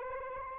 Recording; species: mosquito wingbeat signal from an infrared sensor; Anopheles arabiensis